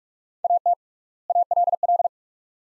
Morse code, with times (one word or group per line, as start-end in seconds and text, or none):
0.4-0.7 AT
1.3-2.1 ALL